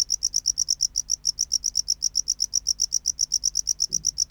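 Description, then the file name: Tropical house cricket giving loud, rapid chirps in a steady rhythm, with a soft low sound shortly before the end. "Bio Acoustica. Gryllodes sigillatus"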